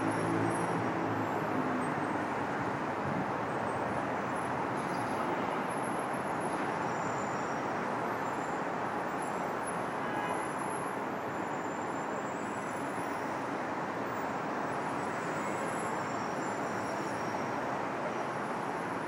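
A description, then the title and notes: Street sound on Park Ave in NYC: a steady, dense roar of traffic that barely changes over the whole stretch. Tires and engines blend into one thick wash, with faint brief higher tones and small bursts surfacing now and then. Park Ave NYC.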